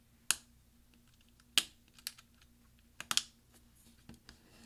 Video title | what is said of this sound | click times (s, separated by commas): CAPS key replacement 13" Macbook Pro 2.4 Ghz 1278 mid-2010 MC374 AC07 | that then we're going to push down with our finger and we're going to hear several snap and sometimes you have to kind of wiggle your finger around to make sure that they've all snapped in | 0.3 s, 1.6 s